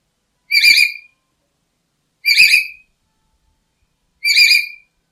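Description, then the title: Black-capped lory calling with three loud, rasping whistled notes, each about half a second long, evenly spaced roughly two seconds apart. "Nuri merah kepala hitam"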